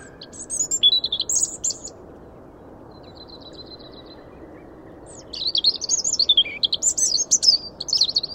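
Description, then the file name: European robin song: high, thin, tumbling phrases of sweet twittering notes, a brief quiet trill between, then a longer warbling burst after a pause. "Erithacus rubecula"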